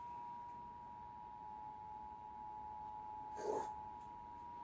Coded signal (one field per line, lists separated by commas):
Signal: Emergency Alert System (SAME) tones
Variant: 853 and 960 Hz attention tone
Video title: EAS Flash Flood Warning (June 2nd, 2025)